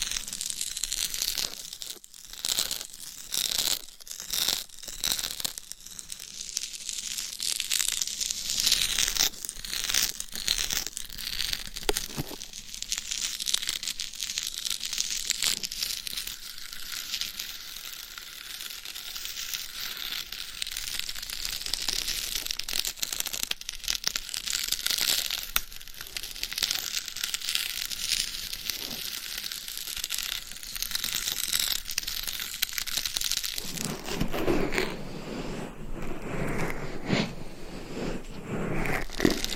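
Scratching and rubbing against a dummy head microphone, a dense, crackly texture bright in the upper range with frequent sharp taps and strokes. Around 34 seconds the sound shifts to a softer, fuller rubbing with more low body.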